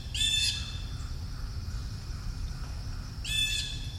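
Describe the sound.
Bird making two hoarse, grating squawks about three seconds apart, with low-pitched background rumble throughout.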